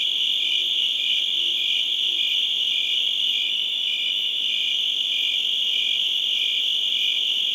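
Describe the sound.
Crickets chirp in a constant shrill chorus with a regularly pulsing note; a few faint low notes show near the start.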